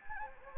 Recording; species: mosquito wingbeat signal from an infrared sensor; Anopheles gambiae